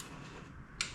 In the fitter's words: O, na dychę jeszcze nawet nie klika. O, na dychę kliknął teraz.